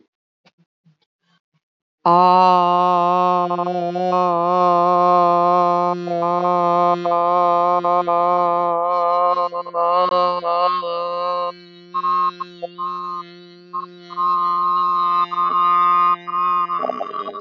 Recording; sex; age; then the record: vowel held as long as possible; female; 50 to 59 years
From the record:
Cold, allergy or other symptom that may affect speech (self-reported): no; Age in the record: 56 years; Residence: Ohio, United States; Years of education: 18